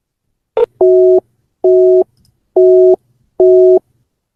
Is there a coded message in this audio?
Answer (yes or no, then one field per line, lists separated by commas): no